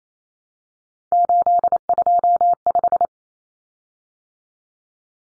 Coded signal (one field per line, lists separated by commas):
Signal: Morse code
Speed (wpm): 28 wpm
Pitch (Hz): 700 Hz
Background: none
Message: 825